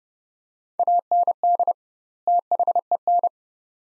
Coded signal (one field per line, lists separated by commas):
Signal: Morse code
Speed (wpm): 32 wpm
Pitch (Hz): 700 Hz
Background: none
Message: AND THEN